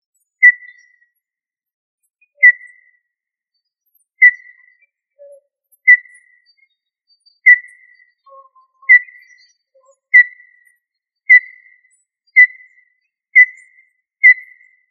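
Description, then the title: Tinamou call: short, clear whistles repeated at shortening intervals, from about two seconds apart to about one second apart, steady in pitch, with a few faint lower notes between them. "Familia Tinamidae - Quail - Puyuh"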